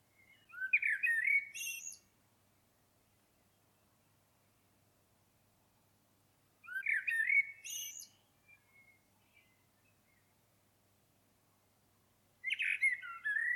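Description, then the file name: Common blackbird singing three separate phrases spaced about six seconds apart, each a mellow fluted warble mixed with high squeaky notes; the last phrase is cut off. "Turdus merula"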